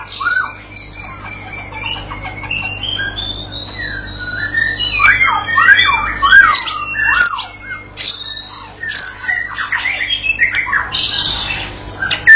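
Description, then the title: White-rumped shama song opening with a long rising whistle, followed by jumbled slurred notes, sharp clicks and varied high phrases. Provoking training song used to teach a young shama to sing persistently; said to make the bird answer straight away. "MURAI BATU PAUD BELAJAR GACOR, AJARI DENGAN MASTERAN PANCINGAN INI, PANCING LANGSUNG NYAUT"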